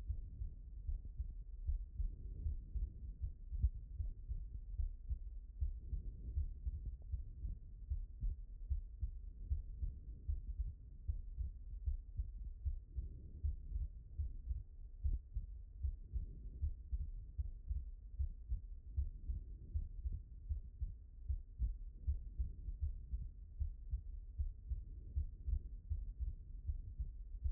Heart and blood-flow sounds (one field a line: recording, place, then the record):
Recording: heart sounds by stethoscope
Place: pulmonary valve (PV)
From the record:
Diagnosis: non-HFrEF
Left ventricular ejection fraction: 68%